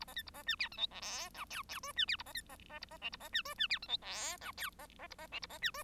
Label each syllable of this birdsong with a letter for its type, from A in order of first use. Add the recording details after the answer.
A B C A B D E F G H I J J K D E A B C B B A B L A B D K D E F G H I J B B A B L A B D K. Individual Bird1